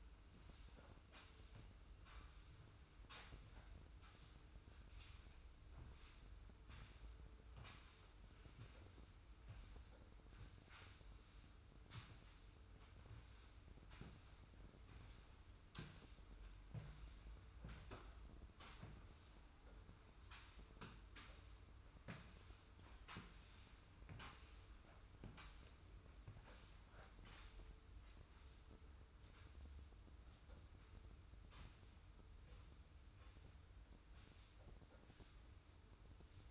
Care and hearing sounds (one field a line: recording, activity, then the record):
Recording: daily activity, microphone in the room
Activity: sweep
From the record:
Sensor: 2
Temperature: 25.1 degrees Celsius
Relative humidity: 45.4%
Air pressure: 990.3 hPa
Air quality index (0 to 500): 210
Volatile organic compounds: 1000 ppm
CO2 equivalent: 6742 ppm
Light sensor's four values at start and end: 32/75/31/31 and 32/75/31/31